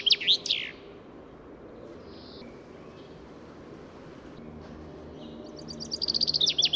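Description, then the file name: Common chaffinch song: the sharp descending end of a song at the start, a quiet stretch of soft background hiss, then a rapid series of short high repeated notes near the end. "Fringilla coelebs"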